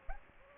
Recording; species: mosquito wingbeat signal from an infrared sensor; Aedes aegypti